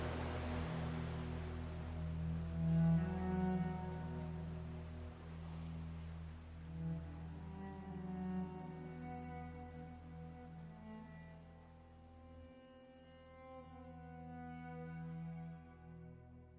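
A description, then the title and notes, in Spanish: Cello music with sea sounds: long, sustained bowed notes hold over a steady low drone, with pitches shifting slowly every few seconds. A soft wash of noise sits beneath, stronger in the opening seconds, and the level stays fairly even throughout. Cello by the sea. Muscia de cello con sonidos del mar.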